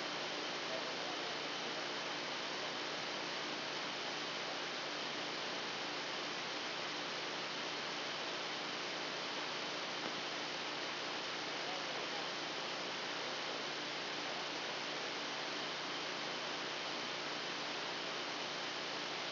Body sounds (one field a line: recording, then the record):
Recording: brain microelectrode recording played as sound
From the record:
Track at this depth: outside the subthalamic nucleus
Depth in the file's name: 0.714 mm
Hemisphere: left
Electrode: 2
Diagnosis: Parkinson's disease